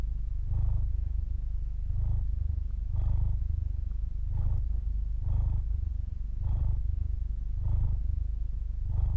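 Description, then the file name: Cat purring: a steady deep rumble, swelling regularly with each breath, soft breathy bursts marking each cycle. Purr recorded at the cat's throat. "cat purr pt 2 throat"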